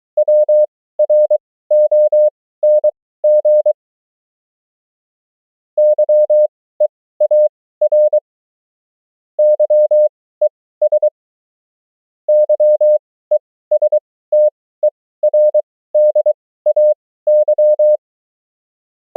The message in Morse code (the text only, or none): WRONG YEAR YES YESTERDAY